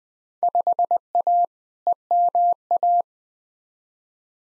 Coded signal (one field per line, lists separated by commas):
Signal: Morse code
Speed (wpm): 20 wpm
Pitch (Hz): 700 Hz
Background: none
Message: 5A EMA